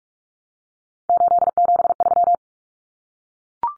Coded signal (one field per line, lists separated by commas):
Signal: Morse code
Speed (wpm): 44 wpm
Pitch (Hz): 700 Hz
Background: none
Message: 873